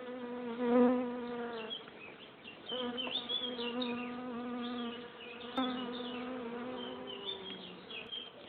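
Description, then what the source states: Bees buzzing loudly, a rich droning hum that surges near the start and again midway, then settles into a steady lower hum. Recorded in Ancy.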